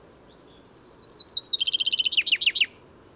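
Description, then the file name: Common chaffinch song: soft notes build to a fast, rattling trill, then drop into several emphatic downslurred notes at the end; quiet background otherwise. "Fringilla coelebs"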